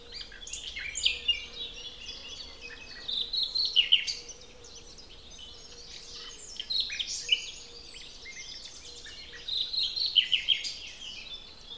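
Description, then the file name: Common nightingale song: bursts of loud, rapid whistled and trilled phrases between quieter stretches. "Luscinia megarhynchos"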